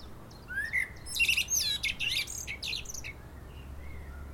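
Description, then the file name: Common blackbird opens with a rising whistle, then a dense run of high, squeaky, chattering twitters that fades into quiet. "Turdus merula"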